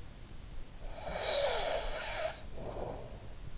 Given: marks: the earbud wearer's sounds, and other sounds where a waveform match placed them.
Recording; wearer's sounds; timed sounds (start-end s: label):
sounds in sleep by an in-ear microphone; snoring breath
0.75-3.37 s: snoring breath